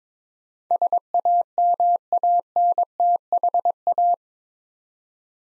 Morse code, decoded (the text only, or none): SAMANTHA